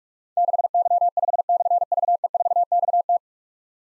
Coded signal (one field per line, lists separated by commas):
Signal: Morse code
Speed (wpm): 44 wpm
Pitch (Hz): 700 Hz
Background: none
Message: 6Y5/VE4XT